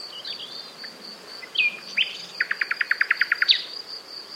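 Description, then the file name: Common nightingale song: soft slurred notes, then whistled notes and a long even series of rapid pulses ending on a sharp high note, with a steady high hum behind. "Luscinia megarhynchos"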